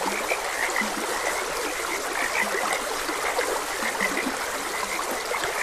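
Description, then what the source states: Frog chorus with rapid high chirping croaks and a few deeper, lower croaks, all set against continuous trickling stream noise. Frogs croaking beside a gentle stream.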